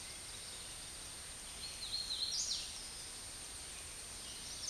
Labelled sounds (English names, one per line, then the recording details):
Hooded Warbler song
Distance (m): 45 m
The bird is about 20 m above the microphone
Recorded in a Pennsylvania forest on 16 May 2024 at 09:56
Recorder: AudioMoth, point MSD-2494
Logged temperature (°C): 15.6 °C
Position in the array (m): 150 m, 147 m